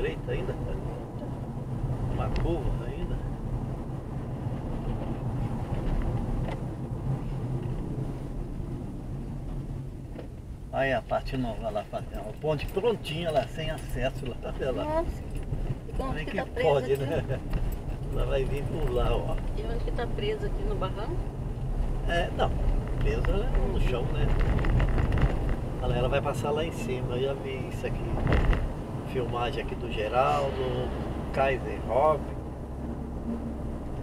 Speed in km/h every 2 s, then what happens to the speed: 45, 46, 44, 34, 18, 15, 19, 23, 29, 32, 37, 42, 45, 48, 49, 51, 53.
0-10 slows to 15. 10-34 speeds up to 53.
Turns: none.